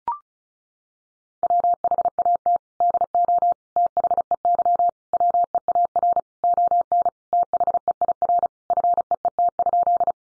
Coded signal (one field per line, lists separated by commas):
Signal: Morse code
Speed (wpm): 34 wpm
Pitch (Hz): 700 Hz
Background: none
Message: WHAT DO THEY WEAR ON THEIR FEET?